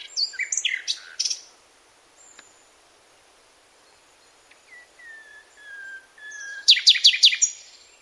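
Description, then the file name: Common nightingale song: a harsh burst of notes, a quiet gap, then a series of soft, drawn-out whistles building into a loud, fast, rattling trill. "Luscinia megarhynchos"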